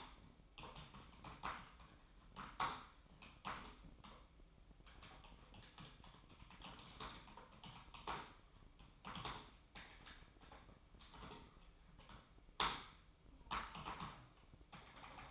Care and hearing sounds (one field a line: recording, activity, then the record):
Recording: daily activity, microphone in the room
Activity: typing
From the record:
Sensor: 1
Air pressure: 1007.6 hPa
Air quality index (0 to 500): 79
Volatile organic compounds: 1 ppm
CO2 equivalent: 685 ppm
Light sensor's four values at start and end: 9/23/9/10 and 9/22/9/10